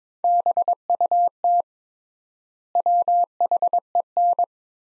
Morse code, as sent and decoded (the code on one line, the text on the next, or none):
-... ..- - / .-- .... . -.
BUT WHEN